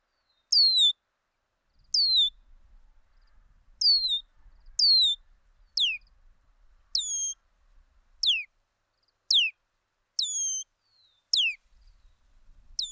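Bird calls: high falling whistles repeated about a dozen times, some dropping lower than others, over a faint low rumble.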